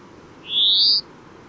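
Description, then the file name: European greenfinch call: a single drawn-out note sliding upward for about half a second, over a faint low background hiss. "Chloris chloris"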